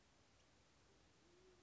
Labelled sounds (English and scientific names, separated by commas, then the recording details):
Band-tailed Pigeon (Patagioenas fasciata)
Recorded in Sonoma County, California